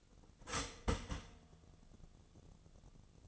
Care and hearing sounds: daily activity, microphone in the room; start toaster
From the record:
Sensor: 4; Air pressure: 1001.0 hPa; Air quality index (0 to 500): 161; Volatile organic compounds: 2 ppm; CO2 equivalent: 1174 ppm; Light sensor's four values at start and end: 17/40/17/18 and 18/40/17/18

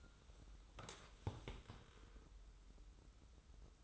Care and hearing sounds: daily activity, microphone in the room; sit down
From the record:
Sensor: 3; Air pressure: 994.4 hPa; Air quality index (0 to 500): 199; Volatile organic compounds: 1000 ppm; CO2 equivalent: 6598 ppm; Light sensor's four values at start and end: 180/427/182/182 and 166/392/167/166

